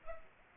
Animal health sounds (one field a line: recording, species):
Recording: mosquito wingbeat signal from an infrared sensor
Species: Culex pipiens